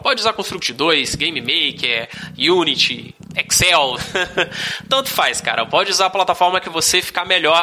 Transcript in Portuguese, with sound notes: Pode usar Construct 2, GameMaker, Unity, Excel, (risos) tanto faz, cara! Pode usar a plataforma que você ficar melhor.